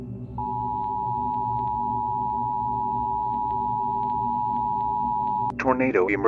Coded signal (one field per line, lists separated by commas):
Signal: Emergency Alert System (SAME) tones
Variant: 853 and 960 Hz attention tone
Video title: 4 Scariest Emergency Broadcasts & EAS Alerts (Vol. 2)